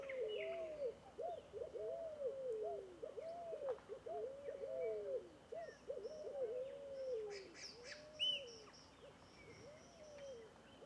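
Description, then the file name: Several scaled doves coo at once, their low arched notes overlapping in a crowded stream that thins toward the end, with a few high chirps and whistles from other birds. Several fogo-apagou (scaled doves) calling together in a bamboo grove. "Varios Passaros Fogo Apagou Juntos em Bambuzau"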